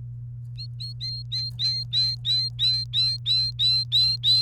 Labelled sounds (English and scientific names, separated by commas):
Domestic Canary (Serinus canaria) song